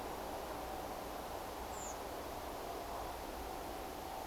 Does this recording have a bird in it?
yes